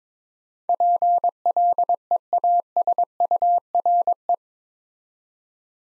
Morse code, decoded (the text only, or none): PLEASURE